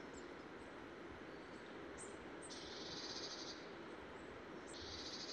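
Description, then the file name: Marsh tit calls: a few brief, very high notes, then two harsh buzzy bursts, quiet against a constant hiss. "Poecile palustris"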